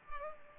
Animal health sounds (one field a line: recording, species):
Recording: mosquito wingbeat signal from an infrared sensor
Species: Culex pipiens